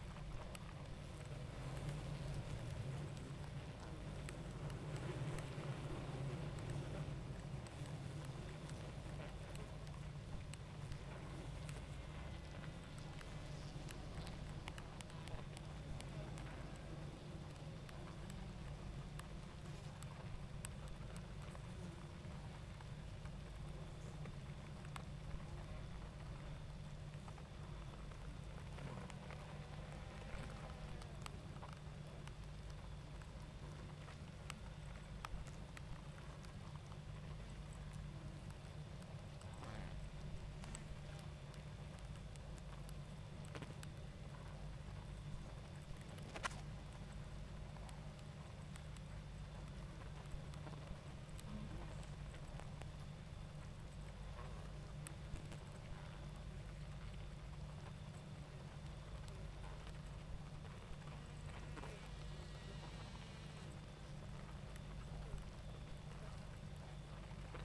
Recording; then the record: honeybee colony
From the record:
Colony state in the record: active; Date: 28 July 2017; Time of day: 21:21